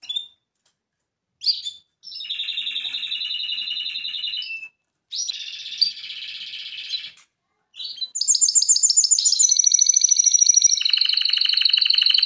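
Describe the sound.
Canary song in separate tours: a short note, long buzzy rolling trills broken by brief pauses, then a loud, fast, ringing trill of repeated pulsed notes.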